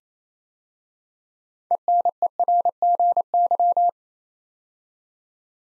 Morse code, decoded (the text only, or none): ENERGY